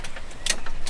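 A folding part of a breathing-apparatus emergency team rescue kit is rotated and folded into its latch, and a sharp click at 0.5 s marks it latching into place. Two softer clicks follow at about 0.7 s and 0.9 s over a low background rumble.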